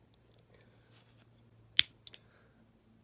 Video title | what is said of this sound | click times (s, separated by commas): Matchbox K-10 Scammel Contractor Pipe Truck Customisation/ #Restoration #diecast | I think you heard that click there. | 1.8 s